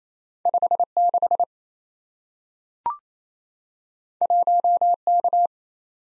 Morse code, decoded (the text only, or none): 56 1K